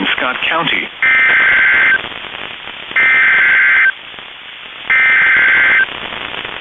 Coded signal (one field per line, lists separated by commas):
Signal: Emergency Alert System (SAME) tones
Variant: header bursts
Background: speech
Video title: NOW IT'S MINNESOTA'S TURN... EAS Alerts from 3/10/2021 (EAS #204-212)